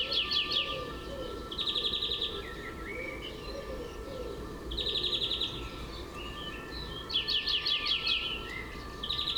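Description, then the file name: European greenfinch song: quick rattling trills repeated at intervals with twittering notes between, over a steady low rumble and faint tonal hum. "Chloris chloris"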